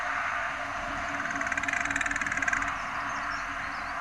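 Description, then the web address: Bird giving a fast, dry rattling trill of many rapid pulses lasting about one and a half seconds, followed by faint thin whistles, over a steady low hum. "cianscape. Deverinetal. Bird Only"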